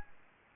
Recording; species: mosquito wingbeat signal from an infrared sensor; Aedes albopictus